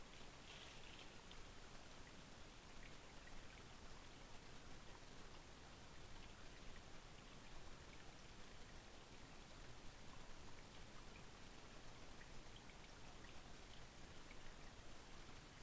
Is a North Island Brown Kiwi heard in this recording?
no